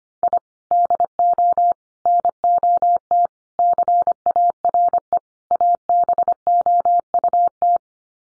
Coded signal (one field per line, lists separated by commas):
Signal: Morse code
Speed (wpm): 25 wpm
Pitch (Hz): 700 Hz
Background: none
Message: I DO NOT CARE ABOUT